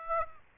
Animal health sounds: mosquito wingbeat signal from an infrared sensor; Aedes aegypti

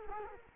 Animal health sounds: mosquito wingbeat signal from an infrared sensor; Culex quinquefasciatus

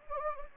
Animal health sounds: mosquito wingbeat signal from an infrared sensor; Anopheles gambiae

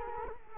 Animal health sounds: mosquito wingbeat signal from an infrared sensor; Culex quinquefasciatus

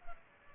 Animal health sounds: mosquito wingbeat signal from an infrared sensor; Culex pipiens

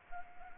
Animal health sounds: mosquito wingbeat signal from an infrared sensor; Anopheles arabiensis

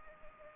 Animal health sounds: mosquito wingbeat signal from an infrared sensor; Anopheles gambiae

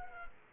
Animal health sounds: mosquito wingbeat signal from an infrared sensor; Culex quinquefasciatus

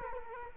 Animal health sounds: mosquito wingbeat signal from an infrared sensor; Culex quinquefasciatus

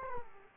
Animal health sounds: mosquito wingbeat signal from an infrared sensor; Aedes aegypti

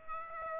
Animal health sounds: mosquito wingbeat signal from an infrared sensor; Aedes aegypti

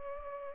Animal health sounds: mosquito wingbeat signal from an infrared sensor; Culex pipiens

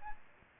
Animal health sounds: mosquito wingbeat signal from an infrared sensor; Aedes aegypti

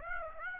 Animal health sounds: mosquito wingbeat signal from an infrared sensor; Aedes aegypti

